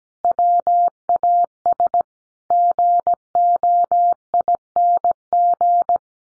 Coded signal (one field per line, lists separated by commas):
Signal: Morse code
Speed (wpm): 17 wpm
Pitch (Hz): 700 Hz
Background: none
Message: WAS GOING